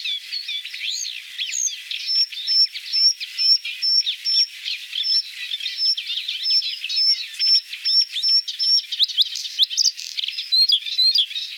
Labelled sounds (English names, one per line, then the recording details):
Bluethroat song
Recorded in the wild
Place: NSG Wagbachniederung, Baden-Württemberg, DE
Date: 1981-05-24
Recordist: Schwarz, Dieter